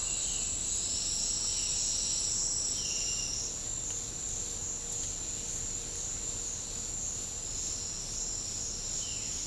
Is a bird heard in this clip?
no